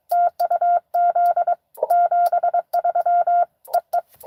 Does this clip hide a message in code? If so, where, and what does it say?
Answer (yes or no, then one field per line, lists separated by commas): yes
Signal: Morse code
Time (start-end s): 0.1-4.0 s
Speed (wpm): 24 wpm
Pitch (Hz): 700 Hz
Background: none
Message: TU Z 73 EE